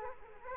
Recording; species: mosquito wingbeat signal from an infrared sensor; Culex quinquefasciatus